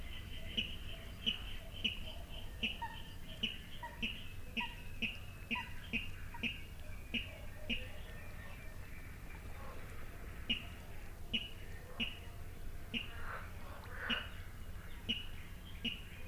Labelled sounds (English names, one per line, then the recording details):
Water Rail
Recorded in the wild
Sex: male
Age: adult
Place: Kützerhof, Kummerower See, Mecklenburg-Vorpommern, DE
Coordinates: 53.8503, 12.8817
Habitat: wetland
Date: 2008-05-13 23:30
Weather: heiter, 10°C, schwacher Wind
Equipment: Sound Devices 702, Sennheiser MKH 70, Windkorb
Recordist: Frommolt, Karl-Heinz
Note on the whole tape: Wiedervernässungsfläche Polder Große Rosin, Straße zwischen Aalbude und Kützerhof: Rufreihen (Tickern) und Rufe einer Wasserralle. Entfernung ca. 20 m